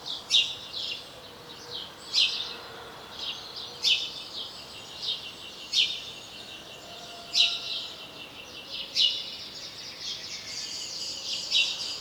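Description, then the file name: House sparrow giving several sharp, bright chirps at irregular gaps, with quieter twittering between them. "Passer domesticus"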